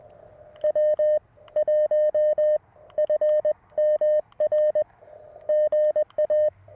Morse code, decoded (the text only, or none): W1FMR GA